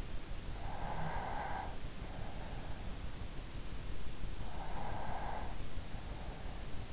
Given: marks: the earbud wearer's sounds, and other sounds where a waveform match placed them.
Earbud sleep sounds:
sounds in sleep by an in-ear microphone; breath
0.38-3.02 s: breath
4.49-6.93 s: breath

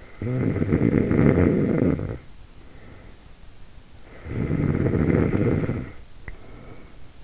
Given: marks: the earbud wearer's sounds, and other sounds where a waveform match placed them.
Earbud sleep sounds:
sounds in sleep by an in-ear microphone; snoring breath
0.04-3.47 s: snoring breath
3.99-7.24 s: snoring breath

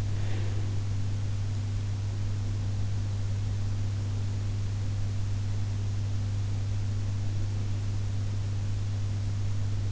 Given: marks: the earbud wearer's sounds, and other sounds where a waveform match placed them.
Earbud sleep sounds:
sounds in sleep by an in-ear microphone; breath
0.00-1.17 s: breath

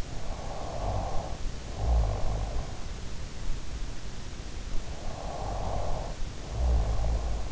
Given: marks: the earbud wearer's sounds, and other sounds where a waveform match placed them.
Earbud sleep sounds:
sounds in sleep by an in-ear microphone; snoring breath
0.24-2.96 s: snoring breath
5.01-7.52 s: snoring breath

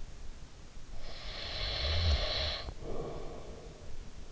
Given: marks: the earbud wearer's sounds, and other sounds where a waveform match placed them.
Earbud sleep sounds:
sounds in sleep by an in-ear microphone; breath
0.52-4.22 s: breath

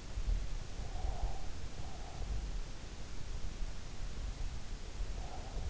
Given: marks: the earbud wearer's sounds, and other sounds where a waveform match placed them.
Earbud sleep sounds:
sounds in sleep by an in-ear microphone; breath
0.77-2.55 s: breath
4.13-5.62 s: breath

